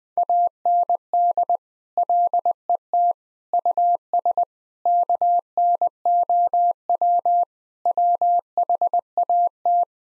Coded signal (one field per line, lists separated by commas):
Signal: Morse code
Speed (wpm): 21 wpm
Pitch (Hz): 700 Hz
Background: none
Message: AND LET US KNOW WHAT